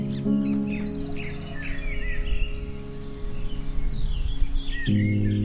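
Several birds chirp and whistle in short, scattered high calls over the water landscape of the Elbe, heard from a modern boat, the Smüster Elf, layered over a steady low droning hum that swells louder near the end.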